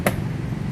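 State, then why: Seated. A motorcycle top case (SH48) on an ADV350 is pressed down onto its rear rack mounting plate until the latch engages, then the handle is stowed. One sharp click at 0.1 s stands out over a steady low hum. The latch locks onto the rack and the case is seated.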